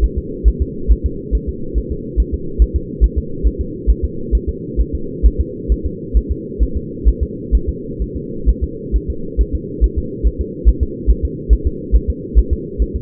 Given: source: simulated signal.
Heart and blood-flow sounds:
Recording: fetal heart sounds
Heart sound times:
0.04 s: S1
0.18 s: S2
0.48 s: S1
0.62 s: S2
0.92 s: S1
1.06 s: S2
1.35 s: S1
1.49 s: S2
1.78 s: S1
1.92 s: S2
2.20 s: S1
2.34 s: S2
2.62 s: S1
2.76 s: S2
3.04 s: S1
3.18 s: S2
3.47 s: S1
3.61 s: S2
3.90 s: S1
4.04 s: S2
4.35 s: S1
4.49 s: S2
4.81 s: S1
4.95 s: S2
5.26 s: S1
5.41 s: S2
5.72 s: S1
5.86 s: S2
6.17 s: S1
6.31 s: S2
6.63 s: S1
6.77 s: S2
7.08 s: S1
7.23 s: S2
7.55 s: S1
7.69 s: S2
8.02 s: S1
8.16 s: S2
8.49 s: S1
8.63 s: S2
8.96 s: S1
9.10 s: S2
9.41 s: S1
9.55 s: S2
9.84 s: S1
9.98 s: S2
10.27 s: S1
10.41 s: S2
10.69 s: S1
10.83 s: S2
11.11 s: S1
11.25 s: S2
11.53 s: S1
11.67 s: S2
11.96 s: S1
12.10 s: S2
12.39 s: S1
12.53 s: S2
12.82 s: S1
12.96 s: S2
From the record:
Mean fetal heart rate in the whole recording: 135 bpm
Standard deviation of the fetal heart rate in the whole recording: 3 bpm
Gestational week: 34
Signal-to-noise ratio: -4.3 dB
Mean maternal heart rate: 72 bpm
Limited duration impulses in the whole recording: absent

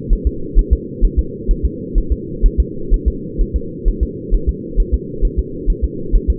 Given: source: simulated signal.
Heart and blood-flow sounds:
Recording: fetal heart sounds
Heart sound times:
0.13 s: S1
0.27 s: S2
0.59 s: S1
0.73 s: S2
1.05 s: S1
1.19 s: S2
1.51 s: S1
1.65 s: S2
1.98 s: S1
2.12 s: S2
2.46 s: S1
2.60 s: S2
2.94 s: S1
3.08 s: S2
3.41 s: S1
3.56 s: S2
3.88 s: S1
4.03 s: S2
4.34 s: S1
4.49 s: S2
4.80 s: S1
4.94 s: S2
5.25 s: S1
5.39 s: S2
5.70 s: S1
5.84 s: S2
6.16 s: S1
6.30 s: S2
From the record:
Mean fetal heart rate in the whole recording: 130 bpm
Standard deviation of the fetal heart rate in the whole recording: 4 bpm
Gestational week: 38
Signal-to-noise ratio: -4.3 dB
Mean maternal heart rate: 72 bpm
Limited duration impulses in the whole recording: absent

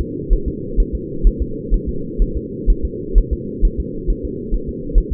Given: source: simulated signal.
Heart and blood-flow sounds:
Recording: fetal heart sounds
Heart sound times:
0.01 s: S2
0.33 s: S1
0.48 s: S2
0.80 s: S1
0.95 s: S2
1.27 s: S1
1.42 s: S2
1.74 s: S1
1.89 s: S2
2.22 s: S1
2.37 s: S2
2.70 s: S1
2.85 s: S2
3.18 s: S1
3.33 s: S2
3.65 s: S1
3.80 s: S2
4.10 s: S1
4.25 s: S2
4.54 s: S1
4.69 s: S2
4.98 s: S1
5.13 s: S2
From the record:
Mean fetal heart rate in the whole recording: 130 bpm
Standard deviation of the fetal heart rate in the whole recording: 4 bpm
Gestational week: 38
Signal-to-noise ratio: -4.3 dB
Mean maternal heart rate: 72 bpm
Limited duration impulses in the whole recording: present

